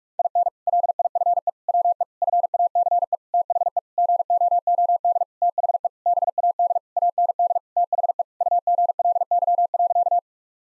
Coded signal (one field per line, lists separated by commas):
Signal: Morse code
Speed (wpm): 46 wpm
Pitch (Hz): 700 Hz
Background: none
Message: IN LIFE WE FACE THE GOOD THE BAD AND THE UGLY.